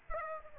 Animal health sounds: mosquito wingbeat signal from an infrared sensor; Aedes albopictus

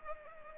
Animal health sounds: mosquito wingbeat signal from an infrared sensor; Culex pipiens

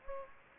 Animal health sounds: mosquito wingbeat signal from an infrared sensor; Anopheles gambiae

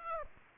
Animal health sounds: mosquito wingbeat signal from an infrared sensor; Aedes aegypti

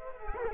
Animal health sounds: mosquito wingbeat signal from an infrared sensor; Culex quinquefasciatus

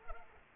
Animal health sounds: mosquito wingbeat signal from an infrared sensor; Culex pipiens

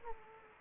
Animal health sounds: mosquito wingbeat signal from an infrared sensor; Anopheles gambiae

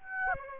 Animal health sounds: mosquito wingbeat signal from an infrared sensor; Aedes aegypti

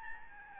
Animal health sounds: mosquito wingbeat signal from an infrared sensor; Aedes albopictus

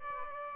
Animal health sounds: mosquito wingbeat signal from an infrared sensor; Aedes albopictus

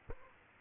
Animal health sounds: mosquito wingbeat signal from an infrared sensor; Aedes aegypti

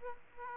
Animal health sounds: mosquito wingbeat signal from an infrared sensor; Aedes aegypti

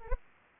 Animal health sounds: mosquito wingbeat signal from an infrared sensor; Anopheles arabiensis

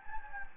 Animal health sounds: mosquito wingbeat signal from an infrared sensor; Anopheles gambiae

